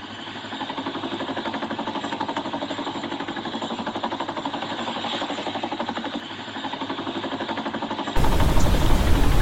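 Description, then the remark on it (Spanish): An arriving helicopter's engine thrums steadily with a fast, rhythmic mechanical pulsing for about eight seconds, then swells abruptly into a louder, rougher roar at the end. “Y ahí estoy escuchando el helicóptero.”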